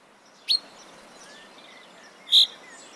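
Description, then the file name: Common chaffinch calls: two short, sharp, bright notes about two seconds apart over a quiet hiss of background noise. "Fringilla coelebs"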